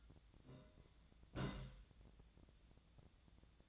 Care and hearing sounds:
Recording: daily activity, microphone in the room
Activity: place on stove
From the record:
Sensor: 3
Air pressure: 1009.9 hPa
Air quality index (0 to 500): 189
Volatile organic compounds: 14 ppm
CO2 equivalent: 2464 ppm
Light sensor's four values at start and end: 41/103/44/47 and 41/103/44/47

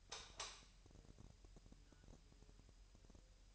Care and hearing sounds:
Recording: daily activity, microphone in the room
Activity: light off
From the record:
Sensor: 2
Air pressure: 1001.8 hPa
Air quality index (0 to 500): 240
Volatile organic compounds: 31 ppm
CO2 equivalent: 2977 ppm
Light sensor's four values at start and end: 8/22/9/9 and 4/10/4/4

